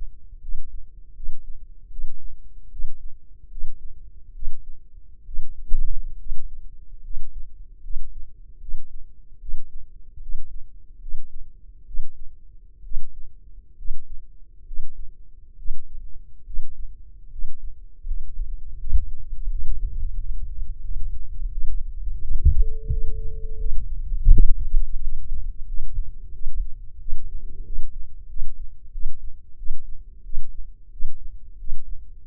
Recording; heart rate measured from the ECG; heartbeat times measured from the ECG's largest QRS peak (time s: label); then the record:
heart sounds by microphone in the left ear; 79 bpm
0.39 s: heartbeat
1.14 s: heartbeat
1.89 s: heartbeat
2.70 s: heartbeat
3.49 s: heartbeat
4.33 s: heartbeat
5.24 s: heartbeat
6.17 s: heartbeat
7.02 s: heartbeat
7.81 s: heartbeat
8.59 s: heartbeat
9.39 s: heartbeat
10.20 s: heartbeat
10.99 s: heartbeat
11.85 s: heartbeat
12.82 s: heartbeat
13.76 s: heartbeat
14.65 s: heartbeat
15.56 s: heartbeat
16.44 s: heartbeat
17.30 s: heartbeat
18.05 s: heartbeat
18.77 s: heartbeat
19.48 s: heartbeat
20.16 s: heartbeat
20.81 s: heartbeat
21.49 s: heartbeat
22.21 s: heartbeat
22.89 s: heartbeat
23.57 s: heartbeat
24.31 s: heartbeat
25.00 s: heartbeat
25.66 s: heartbeat
26.32 s: heartbeat
26.99 s: heartbeat
27.64 s: heartbeat
28.28 s: heartbeat
28.91 s: heartbeat
29.56 s: heartbeat
30.23 s: heartbeat
30.90 s: heartbeat
31.57 s: heartbeat
32.22 s: heartbeat
From the record:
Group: healthy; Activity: rest 0-22 s, cold pressor test 22-32 s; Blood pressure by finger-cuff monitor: 127/80 mmHg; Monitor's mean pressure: 96 mmHg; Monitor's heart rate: 80 bpm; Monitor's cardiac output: 6.1 L/min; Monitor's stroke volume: 84 mL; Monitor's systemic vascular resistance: 1110 dyn s/cm5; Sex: male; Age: 21 years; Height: 180 cm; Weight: 67.5 kg